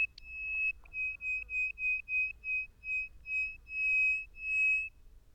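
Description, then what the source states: Bird giving a steady whistled phrase: one held note, then a rapid sequence of short identical whistles that gradually slow and stretch into longer notes at the end. Song given in flight over a sand desert.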